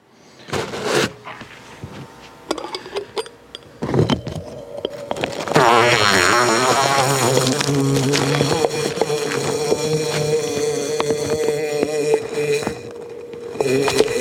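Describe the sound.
Bumblebee buzzing: scattered knocks and thumps for about five seconds, then a steady, low droning hum that wavers slightly and carries on to the end.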